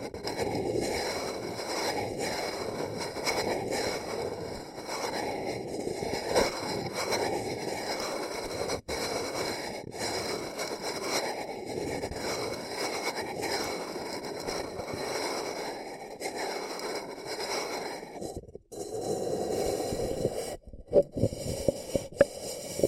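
Paper cup tingles: a dense, steady rustle of scratching and crinkling, briefly cut off near 9 and 19 seconds, ending with sharper taps.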